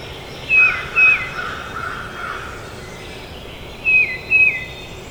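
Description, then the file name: Tufted titmouse singing two phrases of paired falling whistles roughly three seconds apart, with faint softer chatter between them and steady hiss. Recorded at Trempealeau on 12 May 2018. "2018-05-12 TUTI-Trempealeau"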